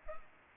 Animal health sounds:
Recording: mosquito wingbeat signal from an infrared sensor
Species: Culex pipiens

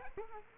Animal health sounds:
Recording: mosquito wingbeat signal from an infrared sensor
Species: Culex quinquefasciatus

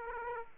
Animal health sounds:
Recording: mosquito wingbeat signal from an infrared sensor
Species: Aedes aegypti

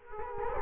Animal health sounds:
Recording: mosquito wingbeat signal from an infrared sensor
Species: Culex quinquefasciatus

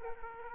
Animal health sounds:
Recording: mosquito wingbeat signal from an infrared sensor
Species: Aedes aegypti

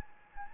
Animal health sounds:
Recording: mosquito wingbeat signal from an infrared sensor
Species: Anopheles gambiae

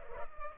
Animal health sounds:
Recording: mosquito wingbeat signal from an infrared sensor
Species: Culex pipiens

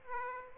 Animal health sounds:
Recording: mosquito wingbeat signal from an infrared sensor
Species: Aedes aegypti

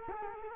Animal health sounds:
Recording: mosquito wingbeat signal from an infrared sensor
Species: Culex quinquefasciatus

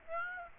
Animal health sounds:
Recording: mosquito wingbeat signal from an infrared sensor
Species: Aedes aegypti

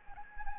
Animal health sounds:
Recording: mosquito wingbeat signal from an infrared sensor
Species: Anopheles gambiae

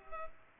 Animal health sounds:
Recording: mosquito wingbeat signal from an infrared sensor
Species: Culex pipiens

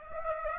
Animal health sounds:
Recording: mosquito wingbeat signal from an infrared sensor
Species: Aedes aegypti

